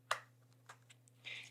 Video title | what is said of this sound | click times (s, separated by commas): How to Install and Setup the Bosch PowerMore 250 eBike Battery | so I'm going to pop this in until it clicks | 0.1 s